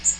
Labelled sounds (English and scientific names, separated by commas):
Magnolia Warbler (Setophaga magnolia) flight call